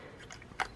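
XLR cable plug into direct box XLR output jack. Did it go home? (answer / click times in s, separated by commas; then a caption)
no / none. An XLR cable plug is pushed into the XLR output jack of a direct box, producing a few faint clicks and scrapes, with the strongest sound near 0.6 s. The damaged catch inside the jack does not engage, so the plug has not locked or clicked into place.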